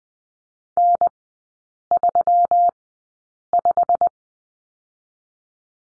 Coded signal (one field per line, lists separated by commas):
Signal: Morse code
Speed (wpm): 20 wpm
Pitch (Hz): 700 Hz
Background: none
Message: N35